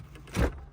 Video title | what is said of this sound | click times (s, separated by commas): DIY Starlight Headliner Install (EASY - FULL TUTORIAL) 2025 | You're gonna hear it click out, | 0.1 s, 0.3 s, 0.4 s